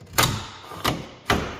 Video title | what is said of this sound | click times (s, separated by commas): 2023 Chevy Colorado ZR2 Truxedo Pro X15 Tonneau Cover Install | Slide these in. You'll kind of feel them lock into place | 0.9 s, 1.3 s